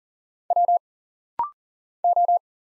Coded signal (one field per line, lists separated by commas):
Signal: Morse code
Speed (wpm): 40 wpm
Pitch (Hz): 700 Hz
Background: none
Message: W O